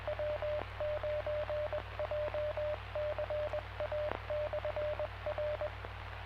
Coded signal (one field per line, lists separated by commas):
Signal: Morse code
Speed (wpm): 20 wpm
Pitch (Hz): 600 Hz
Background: radio noise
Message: W9JCA/R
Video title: June 25, 2024: Jay County Amateur Radio Club Tuesday Evening Net